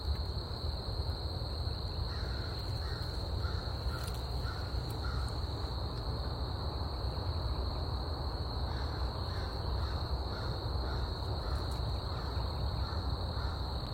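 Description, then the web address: Crow cawing: a run of several short, hoarse caws over a few seconds, over a steady high insect trill and low rumble. 19 April; crickets heard alongside the crows. "scoutisland. crickets-crows-bea-eating-leaves-19 april"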